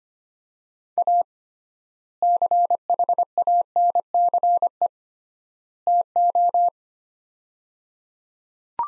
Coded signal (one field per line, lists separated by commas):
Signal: Morse code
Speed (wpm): 25 wpm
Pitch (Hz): 700 Hz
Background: none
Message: A CHANCE TO